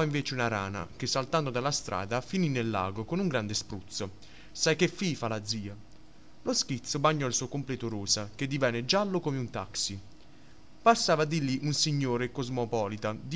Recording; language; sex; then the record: read passage; Italian; male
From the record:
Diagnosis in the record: healthy control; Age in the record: 19 years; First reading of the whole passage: 43 s, 12.0 characters per second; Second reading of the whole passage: 41 s, 12.5 characters per second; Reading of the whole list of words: 37 s, 7.7 characters per second